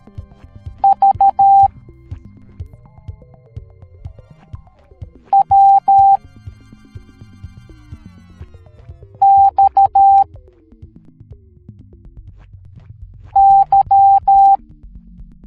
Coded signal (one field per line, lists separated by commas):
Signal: Morse code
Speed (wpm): 13 wpm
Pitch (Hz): 790 Hz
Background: music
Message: V W X Y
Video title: Microorganisms Teaching the Morse Code Alphabet Educational Video for Kids